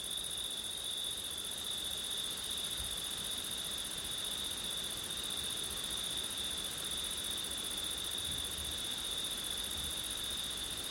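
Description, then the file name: Crickets sing a steady, high, unbroken trill with a second, higher band, over soft wind hiss. Crickets singing on a September night in wind, recorded with an ORTF setup. "crickets wind september night ortif"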